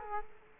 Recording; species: mosquito wingbeat signal from an infrared sensor; Culex quinquefasciatus